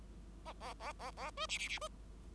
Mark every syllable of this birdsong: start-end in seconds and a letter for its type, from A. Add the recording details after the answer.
0.45-0.53 A, 0.60-0.73 A, 0.80-0.92 A, 0.99-1.11 A, 1.17-1.30 A, 1.37-1.46 B, 1.49-1.58 C, 1.58-1.68 C, 1.68-1.79 C, 1.81-1.89 B. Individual Bird5